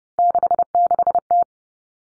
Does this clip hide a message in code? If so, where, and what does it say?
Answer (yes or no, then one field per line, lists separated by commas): yes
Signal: Morse code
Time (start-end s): 0.2-1.4 s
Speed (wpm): 30 wpm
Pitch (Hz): 700 Hz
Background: none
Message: 66T